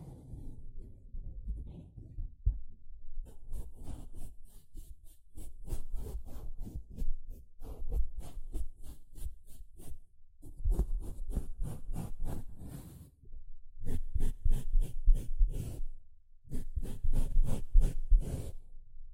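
A sponge is scratched and brushed in quick, rhythmic strokes, each a short rasping burst, pausing briefly near thirteen and sixteen seconds.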